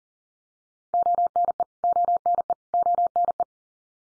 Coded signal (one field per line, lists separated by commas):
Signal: Morse code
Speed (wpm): 40 wpm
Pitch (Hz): 700 Hz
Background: none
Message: ONE ONE ONE